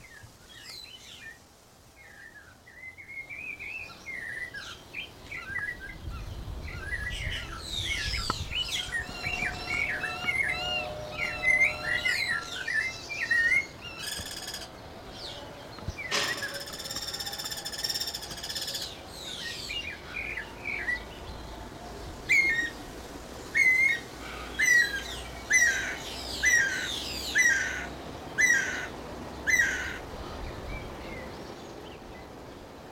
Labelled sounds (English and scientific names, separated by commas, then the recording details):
Guira Cuckoo (Guira guira)
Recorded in captivity
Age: adult
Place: Zoo Berlin, Berlin, DE
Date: 1992-05-09 11:33
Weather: wolkig, 11-14°C
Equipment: Nagra SN, Mikrofon AKG CK 8, Kopie Tesla B 116
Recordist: Tembrock, Günter